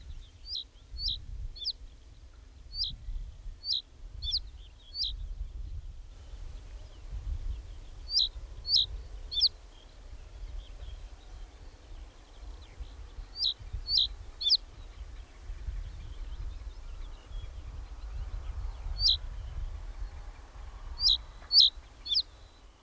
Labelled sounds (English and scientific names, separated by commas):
Reed Bunting (Emberiza schoeniclus) song